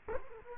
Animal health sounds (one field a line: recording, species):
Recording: mosquito wingbeat signal from an infrared sensor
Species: Culex quinquefasciatus